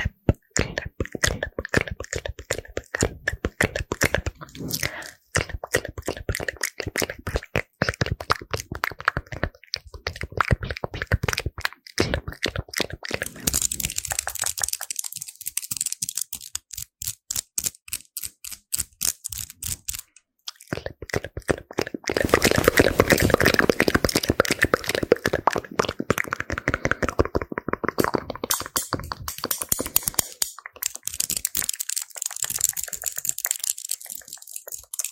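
Fast, aggressive ASMR tapping and crinkling in dense rapid bursts, bright and clicky, with a quieter sparse stretch midway before intensifying again.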